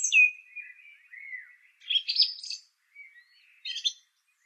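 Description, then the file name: Song thrush giving a descending whistle that trails into a lower drawn-out note, then harsh scratchy phrases with brief pauses between them. "suara kicauan burung song thrush. omkicau"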